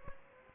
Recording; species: mosquito wingbeat signal from an infrared sensor; Aedes aegypti